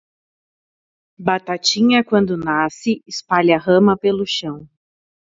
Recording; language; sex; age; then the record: short text; Brazilian Portuguese; female; 30 to 39 years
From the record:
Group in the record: control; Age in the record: 31 years